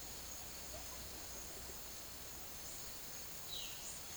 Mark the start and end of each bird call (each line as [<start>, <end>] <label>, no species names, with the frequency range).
[3.44, 3.89] bird call (1.9-5.0 kHz)